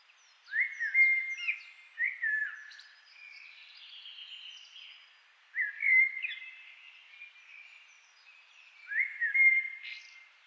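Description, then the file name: Common blackbird song: several low fluted phrases, some followed by scratchy high twitters. "Turdus merula"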